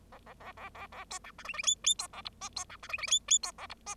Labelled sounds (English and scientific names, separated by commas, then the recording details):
Bengalese Finch (Lonchura striata domestica) song
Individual Bird0